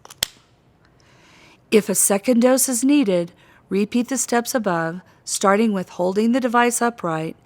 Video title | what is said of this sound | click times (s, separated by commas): Respiclick Dry Powder Inhaler Tutorial | clicks shut like this | 0.2 s